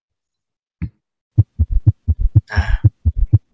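Simulated heart sounds at about 120 beats per minute: a summation gallop, in which S3 and S4 merge into a single combined sound that is louder but still low-pitched. This occurs in tachycardia.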